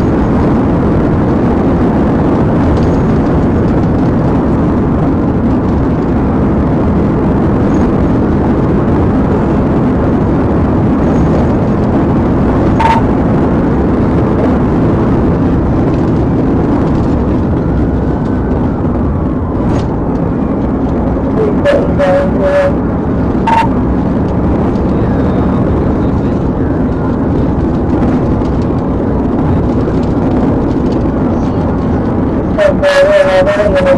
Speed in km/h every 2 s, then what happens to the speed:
201, 190, 188, 190, 192, 195, 195, 192, 169, 158, 164, 175, 177, 169, 169, 164, 174.
0-3 brakes to 188. 13-17 brakes to 158. 17-22 speeds up to 175. 22-30 slows to 164. 30-34 speeds up to 174.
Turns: none.